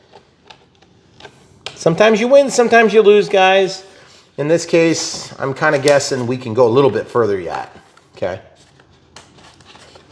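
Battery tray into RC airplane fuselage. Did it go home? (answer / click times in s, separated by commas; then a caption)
no / none. A battery tray carrying the flight battery is pushed further into the foam fuselage of an FMS Hawker Typhoon 1100mm RC airplane while someone talks, with a few faint short taps around 0.5–1.2 s and 8.8–10.2 s. The tray bottoms out and has not clicked into its latch.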